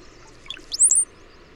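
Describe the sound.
Bird song: a brief rising, high-pitched twittering phrase that ends in a thin whistled note, with a soft steady hum behind it.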